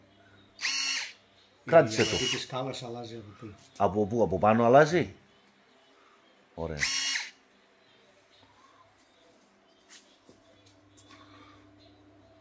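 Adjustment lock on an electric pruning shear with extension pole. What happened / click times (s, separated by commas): Handled, not yet home: no latch click yet / none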